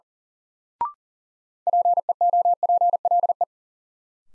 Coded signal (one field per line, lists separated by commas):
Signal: Morse code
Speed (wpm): 37 wpm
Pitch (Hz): 700 Hz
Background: none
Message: PEOPLE